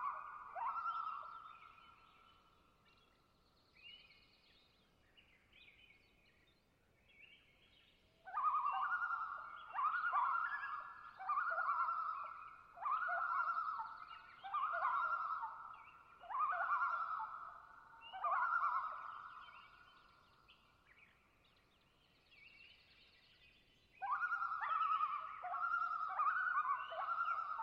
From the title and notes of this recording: Common Loon - Gavia Immer - pair tremolo. The sounds of Springtime Alaskan boreal taiga in the twilight. Location: Long Lake, Talkeetna, AK Weather: variable over the course of the night, 49-61°F, light to no wind. Clear lake in a hilly boreal taiga, dominated by White Spruce, Bird, and thick beds of diverse mosses.